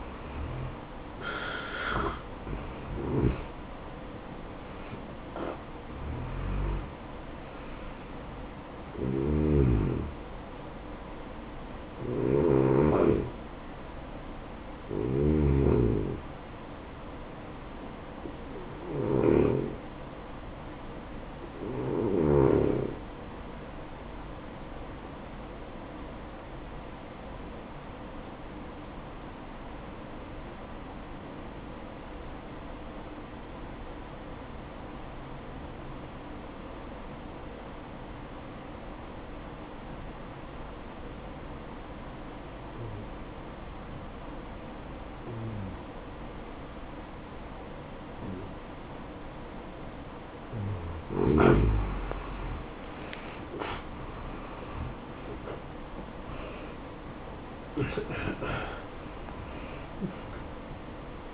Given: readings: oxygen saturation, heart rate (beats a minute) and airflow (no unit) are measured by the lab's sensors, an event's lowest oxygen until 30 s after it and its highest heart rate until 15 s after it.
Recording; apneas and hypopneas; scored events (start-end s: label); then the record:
breathing in sleep by a voice recorder at the bedside; 1
25.00-52.60 s: obstructive apnea (N1, oxygen 95% highest, then 83% lowest, heart rate 62 at the start, 78 highest)
From the record:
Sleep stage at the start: N1 (lightest sleep); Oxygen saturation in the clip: 84 to 95%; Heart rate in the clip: 61 to 77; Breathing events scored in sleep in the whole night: 573 in 9.8 hours asleep